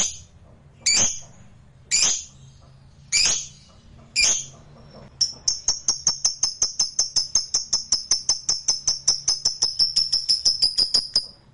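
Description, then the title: Lovebird song: four loud, harsh calls spaced about a second apart, then a fast, steady run of high pulsed notes that keeps going to the end. Used to provoke a reluctant lovebird into singing spontaneously. "LOVEBIRD Malas Bunyi JADI GREGET SPONTAN Langsung NARIK"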